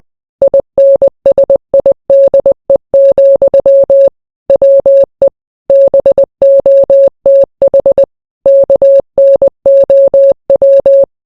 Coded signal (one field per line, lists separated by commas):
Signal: Morse code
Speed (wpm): 20 wpm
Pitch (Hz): 550 Hz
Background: none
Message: INSIDE, WE BOTH KNOW